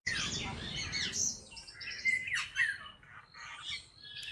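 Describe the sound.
Birds chirping in quick overlapping notes, some sharp and rising, others buzzy, over a faint low rumble.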